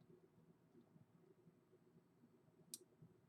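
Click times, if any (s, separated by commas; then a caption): 2.7 s. The two ends of an opened metal wire jump ring are wiggled back together with two pairs of pliers until they meet. Over a low, quiet background, a single sharp, bright click sounds at 2.7 s as the ends line up. The ring is closed.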